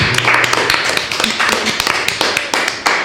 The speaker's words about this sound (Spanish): Aplauso para ellos.